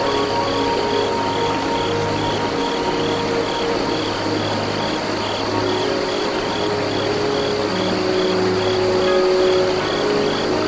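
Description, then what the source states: Cricket chirps repeat steadily through gentle flute melody, constant rushing water and a low humming drone. Crickets by a small river.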